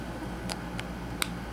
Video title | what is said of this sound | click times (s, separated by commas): johnny's atomic toy reveiw - jeeper creeper figure reveiw | Yeah, see, like a little snap just like that. | 1.2 s